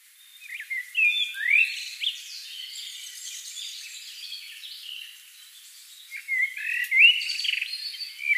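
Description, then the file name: Common blackbird uttering scratchy, twittering high notes and short rising whistles in two lively bursts separated by a quieter spell. "Turdus merula"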